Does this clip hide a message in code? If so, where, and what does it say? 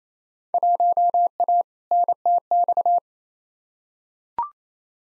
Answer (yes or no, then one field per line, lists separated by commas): yes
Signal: Morse code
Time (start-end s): 0.5-3.0 s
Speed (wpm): 28 wpm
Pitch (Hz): 700 Hz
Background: none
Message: 1A NTX